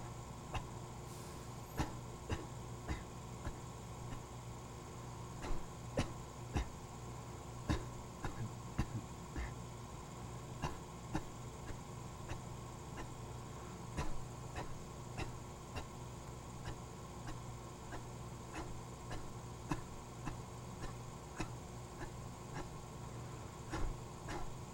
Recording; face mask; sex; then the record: voluntary coughing; surgical mask; male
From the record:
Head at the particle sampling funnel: turned sideways, cheek in front of it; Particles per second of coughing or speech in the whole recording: 0.479